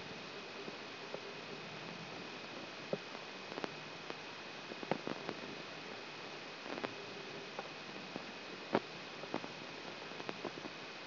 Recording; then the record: brain microelectrode recording played as sound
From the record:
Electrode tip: outside the subthalamic nucleus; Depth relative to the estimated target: -8 mm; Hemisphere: right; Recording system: AlphaMap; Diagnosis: Parkinson's disease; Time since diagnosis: 11 years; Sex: male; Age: 66 years